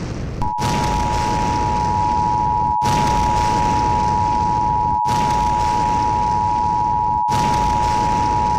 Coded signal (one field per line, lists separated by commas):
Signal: Emergency Alert System (SAME) tones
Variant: 853 and 960 Hz attention tone